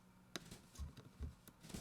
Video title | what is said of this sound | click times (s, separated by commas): Keychron Q1: !build = Lavenders + Ink stabs + GMK WoB - 29OCT21 | all right clicks into place | 0.4 s